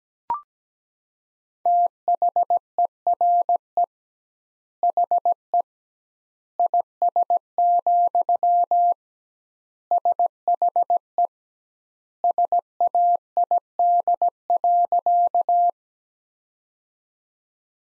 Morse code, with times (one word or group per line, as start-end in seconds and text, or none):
1.7-3.8 THERE
4.8-5.6 HE
6.6-8.9 IS,
9.9-11.3 SHE
12.2-15.7 SAID.